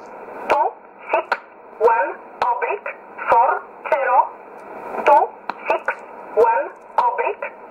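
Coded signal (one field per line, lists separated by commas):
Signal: numbers station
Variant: E11 Oblique, English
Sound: a flat voice reading short single words, about ten, evenly spaced, over radio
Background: radio static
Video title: 15 06 2020 E11 Oblique Numbers station in English 0746 on 9610 unknown tx site in USB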